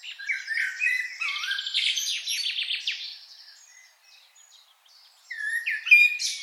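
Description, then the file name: Common blackbird phrase of high chirps and a rattling trill, a quiet gap, then a rising whistled note at the end. "Turdus merula"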